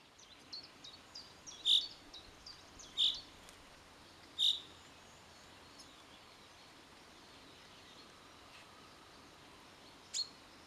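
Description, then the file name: Common chaffinch giving short, sharp, bright call notes, three about every one and a half seconds, then one more after a long pause, over faint background chirping. "Fringilla coelebs"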